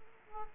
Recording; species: mosquito wingbeat signal from an infrared sensor; Aedes aegypti